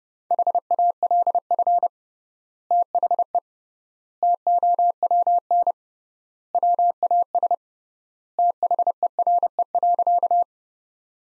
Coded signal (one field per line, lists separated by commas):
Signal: Morse code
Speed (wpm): 30 wpm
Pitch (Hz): 700 Hz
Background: none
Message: HALF THE TOWN WAS THERE.